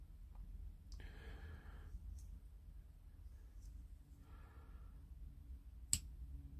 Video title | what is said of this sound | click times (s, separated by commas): J nowill and sons and maple and Co sheffield pocket knives | Nice click into the half stop. | 5.9 s